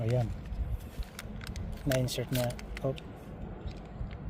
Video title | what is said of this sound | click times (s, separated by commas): DIY HOW TO REPLACE REAR WIPER BLADE ON 2003 HONDA PILOT 3.5L ENGINE | hindi pa lang nag-lock. | none